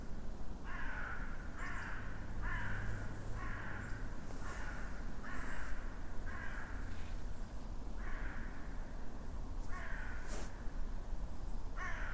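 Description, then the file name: Raven repeating rough, raspy caws in a long series with some pauses, with a few short clicks and a steady low rumble beneath. Calls given while flying. "Raven Crows While Flying"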